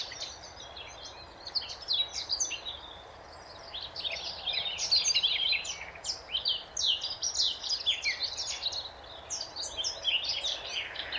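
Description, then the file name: Eurasian blackcap singing a dense, scratchy, rapid warble of high notes, with steady background hiss. "Sylvia atricapilla"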